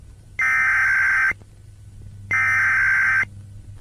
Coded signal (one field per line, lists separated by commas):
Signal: Emergency Alert System (SAME) tones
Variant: header bursts